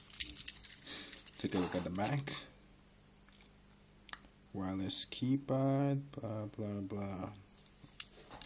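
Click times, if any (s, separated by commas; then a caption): 8.0 s. A plastic Sony wireless keypad for the PS3 is clipped onto a PS3 game controller while someone talks, with a few brief handling taps early on. A sharp click at 8.0 s confirms the keypad has seated onto the controller.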